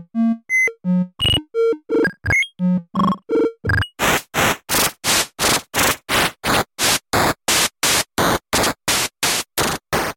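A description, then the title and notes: Corroded beeps pulse in a fast, even rhythm, about four per second. For the first four seconds they are short tones that jump between low and high pitches with a buzzy edge. After that, each pulse turns into a loud, bright burst of harsh hiss. Corroded Beeps. Raw files from sonic exploration in late march.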